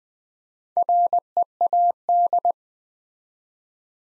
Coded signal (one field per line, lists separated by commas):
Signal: Morse code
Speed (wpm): 20 wpm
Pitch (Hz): 700 Hz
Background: none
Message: READ